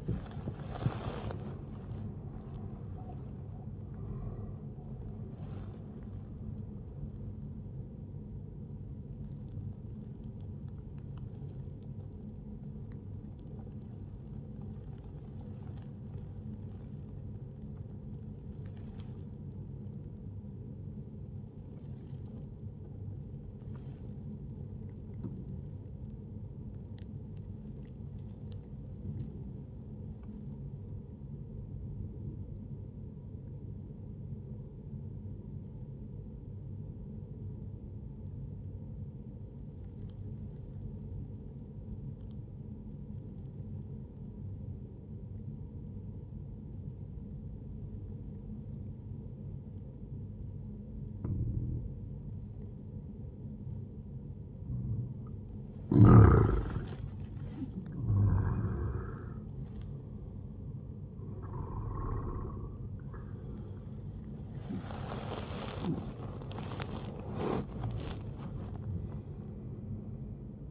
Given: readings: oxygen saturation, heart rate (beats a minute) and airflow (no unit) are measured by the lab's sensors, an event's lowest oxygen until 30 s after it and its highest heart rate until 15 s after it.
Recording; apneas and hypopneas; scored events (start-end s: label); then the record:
breathing in sleep by a smartphone at the bedside; 1
8.00-38.00 s: new sleep stage, N1 (lightest sleep)
14.00-54.00 s: obstructive apnea (N1, oxygen 98% highest, then 92% lowest, heart rate 65 at the start, 78 highest)
38.00-68.00 s: new sleep stage, N2 (light sleep)
68.00-70.71 s: new sleep stage, N1 (lightest sleep)
From the record:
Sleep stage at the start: N2 (light sleep); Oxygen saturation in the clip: 93 to 98%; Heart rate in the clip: 59 to 80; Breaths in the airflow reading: 7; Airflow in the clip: -11.9 to 11.6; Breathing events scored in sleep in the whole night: 131 in 7.2 hours asleep